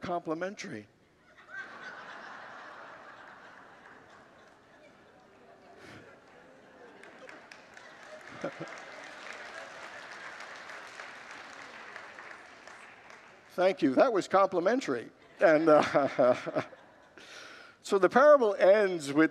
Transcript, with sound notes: they’re complimentary.” [Congregants laugh and applaud] Thank you. That was complimentary. [Congregants laugh] And so, the parable ends with,